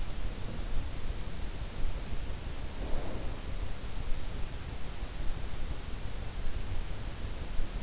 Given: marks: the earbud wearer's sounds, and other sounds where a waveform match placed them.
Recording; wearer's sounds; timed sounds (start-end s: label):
sounds in sleep by an in-ear microphone; snoring breath
2.70-3.33 s: snoring breath